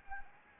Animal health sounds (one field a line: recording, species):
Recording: mosquito wingbeat signal from an infrared sensor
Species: Anopheles arabiensis